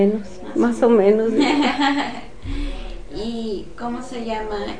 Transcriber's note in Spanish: risas